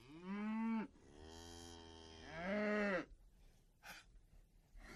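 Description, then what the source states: Cow giving two moos, a short low then a longer rising and falling one, with a few faint clicks and rustles afterward. Field of cows grazing.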